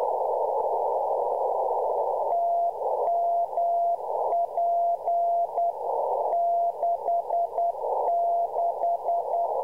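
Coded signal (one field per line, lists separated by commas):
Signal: Morse code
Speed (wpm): 10 wpm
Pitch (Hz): 690 Hz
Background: none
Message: TMP 66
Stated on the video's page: Pirate beacon in southwest Arizona sending temperature reports in CW at about 1 watt on 4079.64 kHz, received in the Mojave Desert.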